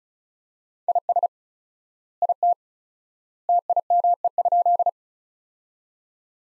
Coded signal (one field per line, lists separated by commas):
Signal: Morse code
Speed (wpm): 36 wpm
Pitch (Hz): 700 Hz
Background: none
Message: IS IT TIME?